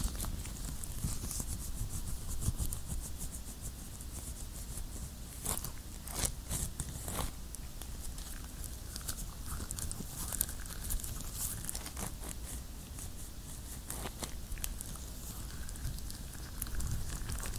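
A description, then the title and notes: Latex gloves rub and squeak in a steady stream of crinkly, snapping bursts, with sharper pops around six and twelve seconds. ASMR LATEX GLOVES, ASMR GLOVES RUBBING, ASMR NO TALKING, JUST GLOVES SOUNDS.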